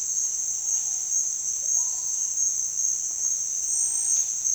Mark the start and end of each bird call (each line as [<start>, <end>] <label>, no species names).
[1.57, 2.43] bird call